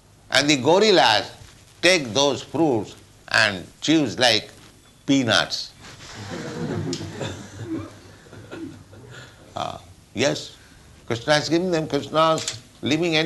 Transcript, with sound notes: And the gorillas take those fruits and chews like peanuts. [laughter] Yes. Kṛṣṇa has given them. Kṛṣṇa's living entity.